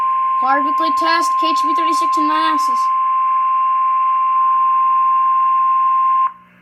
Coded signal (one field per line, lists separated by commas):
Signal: Emergency Alert System (SAME) tones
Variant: 1050 Hz attention tone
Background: speech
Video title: LONG HEADERS - KHB36 Required Weekly Test | EAS #142